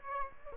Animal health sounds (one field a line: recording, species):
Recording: mosquito wingbeat signal from an infrared sensor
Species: Aedes aegypti